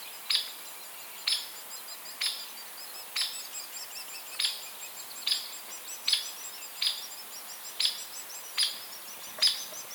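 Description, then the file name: Hairy woodpecker giving sharp, short, high peek calls, repeated about once a second, over a steady hiss of background noise. "Picoides villosus - Hairy Woodpecker"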